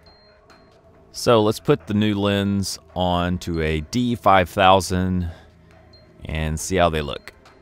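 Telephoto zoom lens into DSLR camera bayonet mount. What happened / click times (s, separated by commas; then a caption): The lens is being fitted but has not locked yet / none. A Nikon Nikkor 55-300mm AF-S DX telephoto zoom lens with a metal bayonet mount is handled at a Nikon D5000 DSLR body while someone talks over faint background music, with a few quiet handling ticks near the end. The lens has not yet seated or clicked onto the mount.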